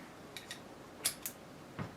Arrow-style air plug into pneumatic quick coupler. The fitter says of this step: arrow locks in fine